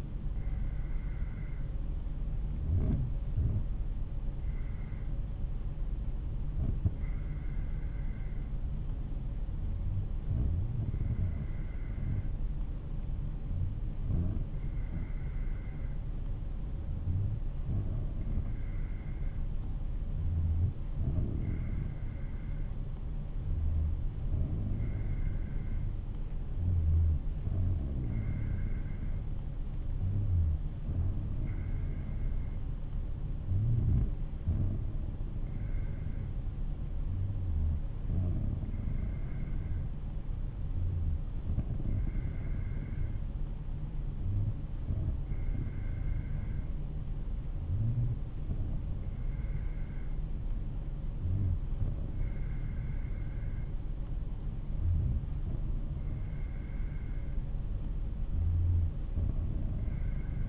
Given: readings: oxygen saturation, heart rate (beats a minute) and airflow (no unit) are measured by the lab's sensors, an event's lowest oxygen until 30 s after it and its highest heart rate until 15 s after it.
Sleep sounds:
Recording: breathing in sleep by a smartphone at the bedside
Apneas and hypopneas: none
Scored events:
none scored
From the record:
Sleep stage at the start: N2 (light sleep)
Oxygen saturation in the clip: 94 to 96%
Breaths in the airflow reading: 17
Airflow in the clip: -3.7 to 6.1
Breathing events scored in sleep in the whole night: 388 in 6.5 hours asleep

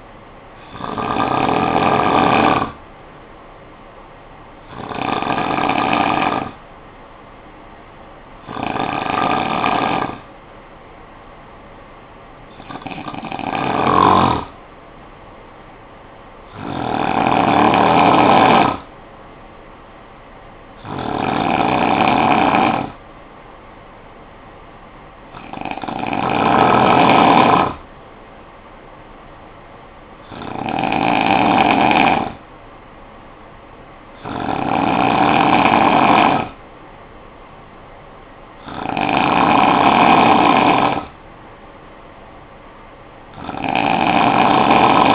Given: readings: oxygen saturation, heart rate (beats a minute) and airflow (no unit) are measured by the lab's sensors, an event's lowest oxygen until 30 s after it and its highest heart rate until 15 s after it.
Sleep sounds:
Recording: breathing in sleep by a voice recorder at the bedside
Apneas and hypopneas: 1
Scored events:
16.00-36.90 s: hypopnea (N2, oxygen 95% highest, then 91% lowest, heart rate 56 at the start, 62 highest)
From the record:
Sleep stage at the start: N2 (light sleep)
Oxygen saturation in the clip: 91 to 95%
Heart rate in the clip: 52 to 72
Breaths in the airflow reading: 10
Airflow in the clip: -8.3 to 4.3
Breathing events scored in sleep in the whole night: 445 in 7.6 hours asleep

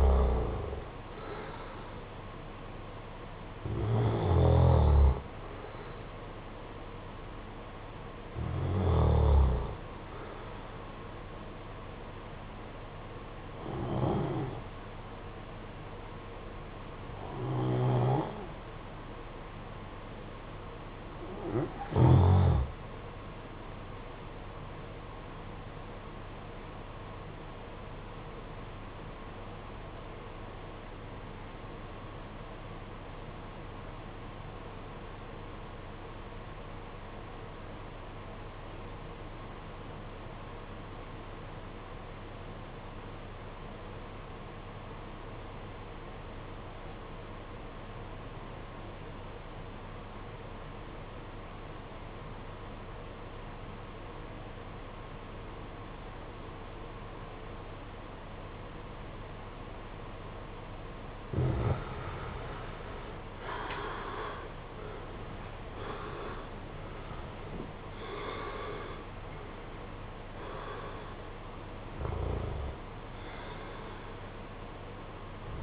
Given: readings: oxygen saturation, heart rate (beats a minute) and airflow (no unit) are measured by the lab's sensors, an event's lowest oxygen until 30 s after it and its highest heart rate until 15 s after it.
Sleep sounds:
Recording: breathing in sleep by a voice recorder at the bedside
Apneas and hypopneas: 1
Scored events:
27.00-63.00 s: obstructive apnea (REM, oxygen 95% highest, then 71% lowest, heart rate 61 at the start, 91 highest)
From the record:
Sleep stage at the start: REM sleep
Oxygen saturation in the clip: 73 to 95%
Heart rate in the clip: 48 to 91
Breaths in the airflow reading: 11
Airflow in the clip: -9.4 to 14.0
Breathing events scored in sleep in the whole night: 476 in 9.7 hours asleep

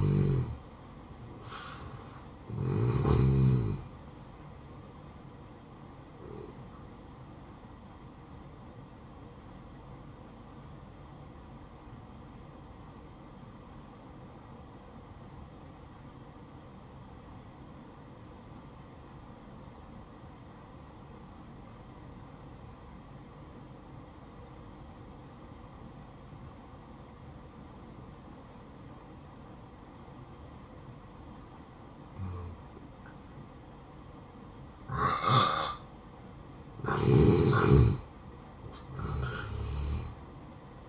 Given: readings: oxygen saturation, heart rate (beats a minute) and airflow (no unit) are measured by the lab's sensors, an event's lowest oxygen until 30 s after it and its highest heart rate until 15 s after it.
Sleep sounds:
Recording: breathing in sleep by a smartphone at the bedside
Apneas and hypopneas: 1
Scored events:
6.00-36.40 s: hypopnea (N1, oxygen 95% highest, then 83% lowest, heart rate 66 at the start, 70 highest)
From the record:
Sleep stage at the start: N1 (lightest sleep)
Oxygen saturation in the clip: 83 to 95%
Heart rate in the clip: 62 to 71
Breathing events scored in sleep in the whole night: 573 in 9.8 hours asleep

